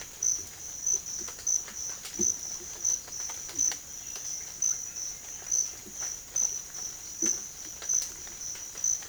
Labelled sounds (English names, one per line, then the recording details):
none
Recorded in secondary vegetation near Puerto Asís, Putumayo, Colombia, on 12 March 2025 at 07:00
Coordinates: 0.488, -76.319
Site G095